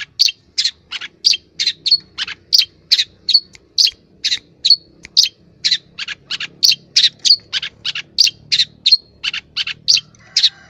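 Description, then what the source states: Long-tailed shrike delivering a steady stream of sharp, clipped notes mixed with short whistled slurs throughout. Long-tailed shrike song, used to train cage birds.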